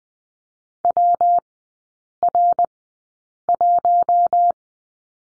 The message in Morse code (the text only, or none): WR1